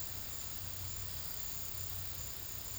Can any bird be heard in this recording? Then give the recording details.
no. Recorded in pastures near Puerto Asís, Putumayo, Colombia, on 8 March 2025 at 15:00. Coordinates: 0.472, -76.329. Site G074